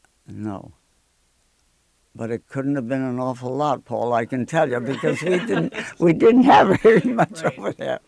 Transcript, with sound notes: No, but it couldn't have been an awful lot, Paul, I can tell you, (they laugh) because we didn't have very much over there.